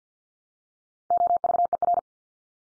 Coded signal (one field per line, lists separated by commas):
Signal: Morse code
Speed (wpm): 48 wpm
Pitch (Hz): 700 Hz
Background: none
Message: OVER